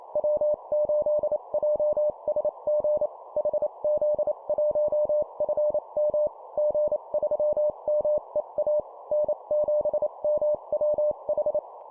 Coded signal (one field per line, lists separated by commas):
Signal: Morse code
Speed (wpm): 28 wpm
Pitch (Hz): 600 Hz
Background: none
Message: W8JSG HZ1FM G3MEA N7MWH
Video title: 25wpm Call signs, improve cw morse code copy speed